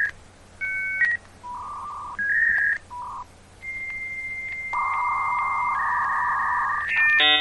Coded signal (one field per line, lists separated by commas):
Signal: dial-up modem handshake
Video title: Modem Sound Effect 1